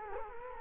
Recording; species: mosquito wingbeat signal from an infrared sensor; Culex quinquefasciatus